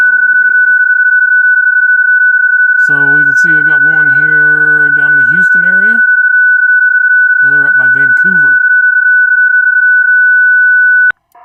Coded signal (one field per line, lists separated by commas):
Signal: PSK31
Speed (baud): 31.25 baud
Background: speech